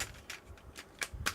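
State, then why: Not seated. A plastic brick roof section from the LEGO Notre-Dame de Paris (21061) set is pressed onto the back of the model, making a few short, sharp plastic taps and rattles, the loudest near 1.3 s. Nothing has clicked or seated yet: the roof section just rests on top, wobbly.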